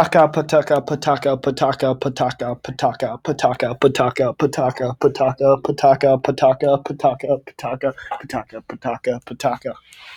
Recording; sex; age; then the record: repeated syllables /pa ta ka/; male; 18 to 19 years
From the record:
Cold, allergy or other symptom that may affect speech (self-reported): no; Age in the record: 19 years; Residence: Minnesota, United States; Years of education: 12